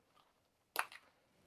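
A snap fastener at the top of a fabric jewelry organizer case used for stitch markers is pressed shut. A sharp click at 0.8 s is followed by a softer tick around 1.0 s, against faint background noise. The snap closes and seats.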